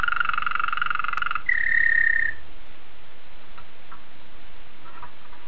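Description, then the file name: Waterslager canary giving a rolling trill, then a steady higher whistle; after about two seconds the song stops, leaving only faint clicks. "suara kenari waterslager"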